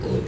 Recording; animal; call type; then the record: contact call of a hoofed animal; pig; closed-mouth grunt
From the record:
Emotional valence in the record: positive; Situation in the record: food and toys in familiar pen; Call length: 0.27 s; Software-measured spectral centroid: 1500 Hz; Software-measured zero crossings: 810 a second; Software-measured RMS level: -24 dBFS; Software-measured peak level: -13 dBFS